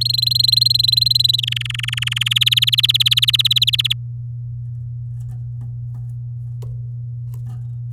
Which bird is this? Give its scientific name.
Serinus canaria